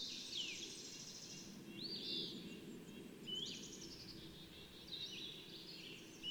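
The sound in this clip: Bird song with high, sweeping whistled phrases, some rising and some falling, in several bursts over a steady low background noise.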